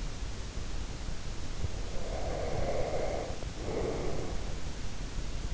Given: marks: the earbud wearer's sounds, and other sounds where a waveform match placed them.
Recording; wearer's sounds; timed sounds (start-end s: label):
sounds in sleep by an in-ear microphone; breath
1.76-4.61 s: breath